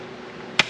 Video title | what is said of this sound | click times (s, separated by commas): Smart ACM Step By Step Install On A 2026 Can-Am HD11 Defender Limited | this thing here to lock it in. | 0.6 s